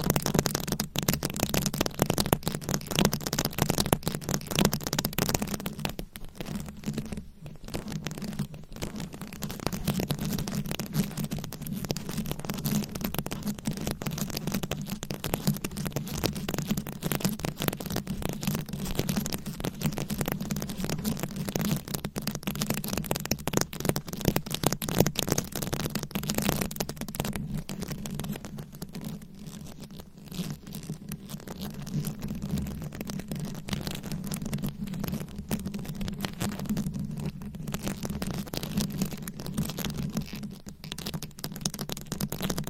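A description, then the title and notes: Fast, aggressive scratching with nails against a microphone cover, a dense stream of rough, crackly strokes running almost nonstop. A strong low hum sits underneath throughout, with brief dips in intensity around six to eight seconds and near thirty seconds. ASMR Fast & Aggressive Mic Scratching with 20 DIFFERENT MICS Covers & Nails No Talking for Sleep.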